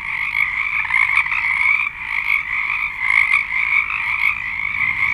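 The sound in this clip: Frogs in a dense chorus, continuous buzzy trilled croaks layered on each other, with occasional sharper notes standing out.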